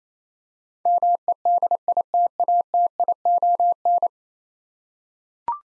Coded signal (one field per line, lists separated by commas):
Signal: Morse code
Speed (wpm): 28 wpm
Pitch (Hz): 700 Hz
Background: none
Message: MEDITATION